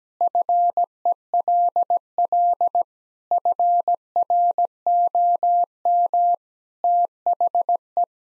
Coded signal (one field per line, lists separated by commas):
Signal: Morse code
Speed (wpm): 17 wpm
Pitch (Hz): 700 Hz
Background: none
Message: FELL FROM THE